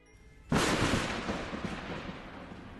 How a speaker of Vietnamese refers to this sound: một tiếng sét đánh như trời long đất nở phía sân sau vườn. Tiếng sấm tiếng sét khiến cho cả ngôi nhà như treo đảo.